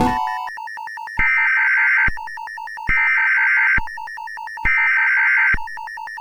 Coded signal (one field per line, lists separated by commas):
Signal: Emergency Alert System (SAME) tones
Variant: header bursts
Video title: EAS Alarm: VV got Furious - Part 1